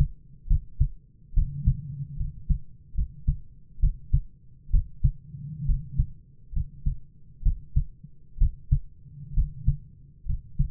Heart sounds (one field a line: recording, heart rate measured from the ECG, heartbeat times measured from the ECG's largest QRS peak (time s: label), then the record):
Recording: heart sounds by stethoscope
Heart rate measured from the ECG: 67 bpm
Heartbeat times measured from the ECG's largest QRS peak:
0.47 s: heartbeat
1.33 s: heartbeat
2.16 s: heartbeat
2.94 s: heartbeat
3.79 s: heartbeat
4.70 s: heartbeat
5.65 s: heartbeat
6.52 s: heartbeat
7.42 s: heartbeat
8.37 s: heartbeat
9.33 s: heartbeat
10.25 s: heartbeat
From the record:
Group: healthy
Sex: male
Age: 22 years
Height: 185 cm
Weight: 112.4 kg